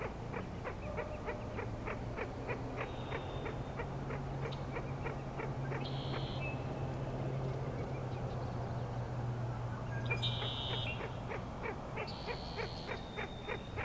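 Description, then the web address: Dense frog chorus of fast ticking pulses, about three a second, with several short high whistled bird notes later and a steady low drone underneath. Frog chorus at Grafton Lake, recorded 3 May 2009. "The Frog Chorus Tunes Up On Grafton Lake"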